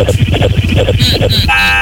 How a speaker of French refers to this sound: Oh non, j'adore ce petit bruitage. On a l'impression que le mec, en fait, il décroche. Tu sais, ça fait comme le bruit des grosses grues, tu sais, les trucs Caterpillar, là. Quand ça recule, ça fait pouap, pouap.